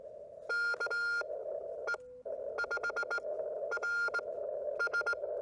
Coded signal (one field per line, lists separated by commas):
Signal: Morse code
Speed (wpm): 20 wpm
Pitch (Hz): 1410 Hz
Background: none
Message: KE5RS